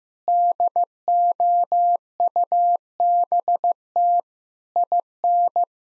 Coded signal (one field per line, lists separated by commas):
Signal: Morse code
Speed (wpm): 15 wpm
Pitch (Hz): 700 Hz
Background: none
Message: DOUBT IN